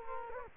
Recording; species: mosquito wingbeat signal from an infrared sensor; Culex quinquefasciatus